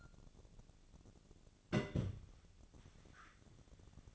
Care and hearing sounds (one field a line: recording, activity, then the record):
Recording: daily activity, microphone in the room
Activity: place on stove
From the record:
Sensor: 4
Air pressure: 1000.8 hPa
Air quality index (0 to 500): 124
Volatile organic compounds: 1 ppm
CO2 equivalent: 934 ppm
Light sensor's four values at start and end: 47/115/49/54 and 47/116/49/55